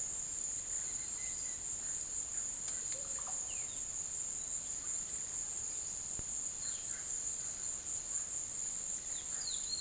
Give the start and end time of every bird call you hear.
0.66s-3.83s: bird call
6.51s-7.38s: bird call
9.07s-9.80s: bird call

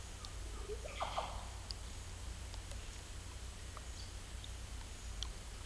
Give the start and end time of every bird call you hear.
0.84s-1.28s: bird call

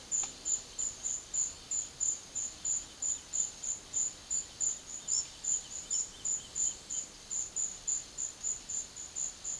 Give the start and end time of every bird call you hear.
4.84s-7.07s: bird call

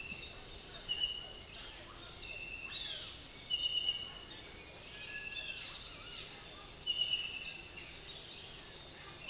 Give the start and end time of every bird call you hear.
2.54s-3.24s: bird call
4.90s-5.78s: bird call

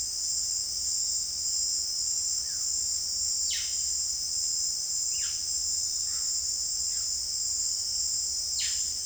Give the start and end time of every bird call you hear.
2.33s-2.68s: bird call
3.40s-3.69s: bird call
5.04s-5.36s: bird call
5.96s-7.08s: bird call
8.46s-8.73s: bird call

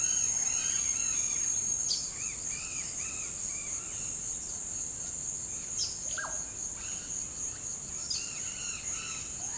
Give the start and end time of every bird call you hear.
0.00s-1.56s: bird call
1.93s-3.97s: bird call
5.82s-7.05s: bird call
7.98s-9.57s: bird call

